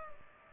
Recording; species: mosquito wingbeat signal from an infrared sensor; Culex pipiens